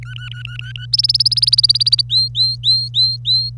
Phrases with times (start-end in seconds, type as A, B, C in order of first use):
0.03-0.86 A, 0.93-2.02 B, 2.09-3.50 C